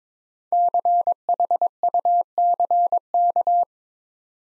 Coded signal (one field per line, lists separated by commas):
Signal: Morse code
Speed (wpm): 21 wpm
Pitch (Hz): 700 Hz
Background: none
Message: CHUCK